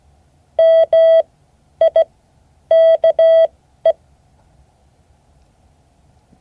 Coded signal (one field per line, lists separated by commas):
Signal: Morse code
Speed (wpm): 16 wpm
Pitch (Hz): 650 Hz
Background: none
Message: MIKE